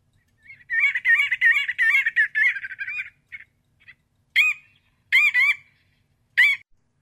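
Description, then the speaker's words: Marbled godwit alarm calls, loud, raucous, nasal notes in a rapid run for about two seconds, then single and paired calls repeated at intervals. Given on the prairie when a person comes too close to the nest, warning that they are trespassing on the birds' territory; a loud karonk. "If you're ever out walking across the prairie and get a little too close to a godwit nest, the birds will promptly inform you that you are trespassing on their territory by boisterously and raucously calling with a loud karonk, karonk, karonk. Here it is."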